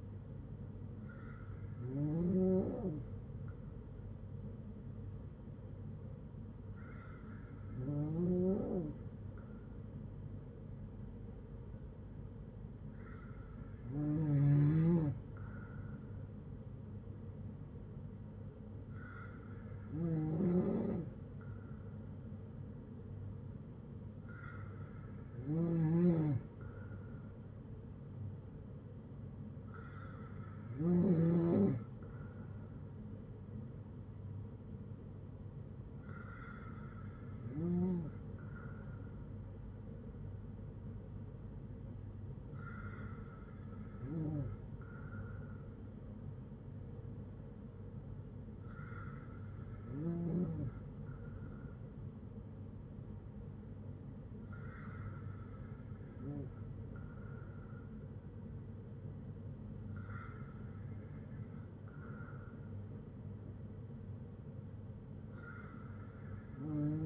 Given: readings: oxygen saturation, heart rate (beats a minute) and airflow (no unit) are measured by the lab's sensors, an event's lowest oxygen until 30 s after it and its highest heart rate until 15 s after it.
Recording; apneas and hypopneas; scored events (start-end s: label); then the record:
breathing in sleep by a smartphone at the bedside; none
none scored
From the record:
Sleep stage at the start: N2 (light sleep); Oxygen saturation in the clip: 94 to 95%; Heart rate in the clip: 56 to 61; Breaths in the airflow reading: 11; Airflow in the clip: -5.6 to 4.3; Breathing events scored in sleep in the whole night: 182 in 7.4 hours asleep